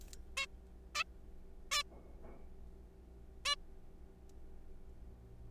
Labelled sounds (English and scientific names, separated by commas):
Zebra Finch (Taeniopygia guttata)